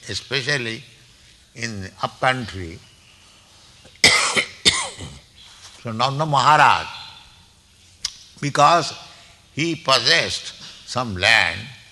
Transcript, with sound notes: especially in the up-country. [coughs] So Nanda Mahārāja, because he possessed some land...